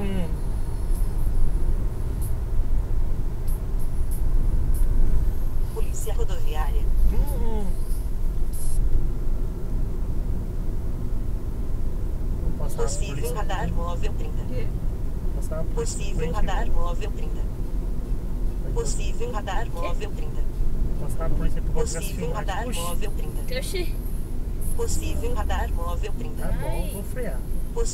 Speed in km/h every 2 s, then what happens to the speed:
81, 77, 72, 68, 65, 64, 62, 61, 59, 57, 55, 53, 50, 48.
0-28 slows to 48.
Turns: none.